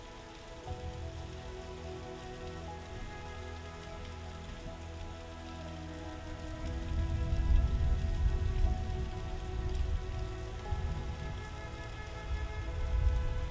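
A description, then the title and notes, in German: Gentle rain patters steadily throughout, dense and even. A low rumble builds from around six seconds, swelling loudest near eight and again at the end, like distant thunder rolling under the rain. A faint sustained melodic tone lingers in the background. Beruhigendes GEWITTER, Sanfter REGEN, Entspannende MELODIE. Beruhigendes Gewitter und sanfter Regen harmonisch verschmelzen.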